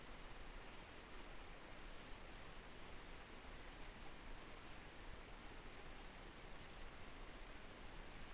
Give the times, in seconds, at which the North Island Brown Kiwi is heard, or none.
none